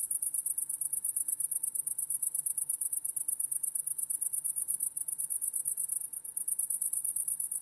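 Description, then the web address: Crickets giving a steady stream of rapid, high, shrill chirps, evenly spaced pulses with a brief dip in loudness near the end. Crickets, recorded in wide stereo. "lynne-publishing Crickets Wide Stereo"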